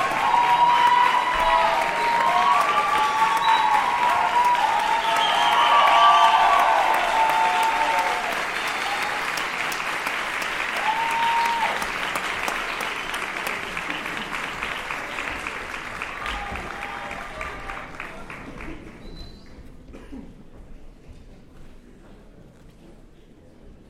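Applause with dense clapping and some whistles early on, loudest around six seconds, then thinning and fading steadily toward quiet by the end.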